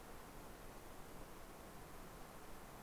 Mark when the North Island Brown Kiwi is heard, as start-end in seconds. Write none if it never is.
none